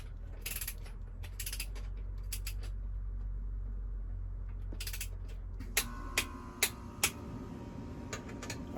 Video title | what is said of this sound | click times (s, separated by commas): HAD TO INSTALL HEAD BOLTS showing you a EASY WAY ‼️ | i like to get two clicks | 5.8 s, 6.2 s, 6.6 s, 7.0 s